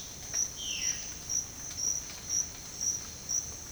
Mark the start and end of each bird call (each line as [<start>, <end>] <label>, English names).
[0.59, 1.07] Violaceous Jay